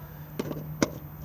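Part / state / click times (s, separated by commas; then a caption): hose lock connector into motorhome fresh water fill inlet / seated / 0.8 s. A standard hose-lock attachment on a collapsible hose is pushed into the Whale fresh-water fill inlet of a Bailey Autograph 79-4 motorhome, and a cover flap is then flipped over it to secure it. A soft knock at about 0.4 s is followed by a sharp, loud click at 0.8 s as the connector seats, with a lighter tap near 1.2 s. The connector clicks into place and is seated.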